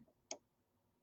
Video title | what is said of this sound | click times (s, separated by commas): Shields Live! Get to Know the Brother PS700 Sewing Machine May 4, 2023 | it'll make that little click sound. | 0.3 s